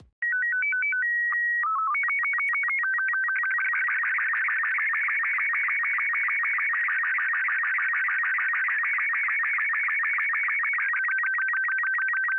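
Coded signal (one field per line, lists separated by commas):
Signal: SSTV (slow-scan television)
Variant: Robot 36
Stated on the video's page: Robot 36 SSTV signals demonstrating sending and receiving, usable with or without a radio.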